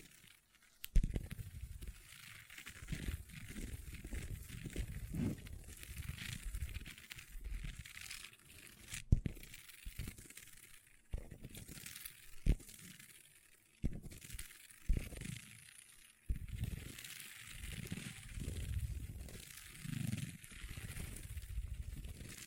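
Long fingernails tap and scratch across a tabletop, with frequent dull low knocks and a continuous dry, crinkly scraping on top. Sharp clicks stand out near 1, 9, 12.5 and 16 seconds, and the activity keeps going with brief pauses throughout.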